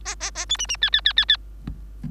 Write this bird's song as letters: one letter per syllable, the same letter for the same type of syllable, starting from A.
A A A B C C D D D D D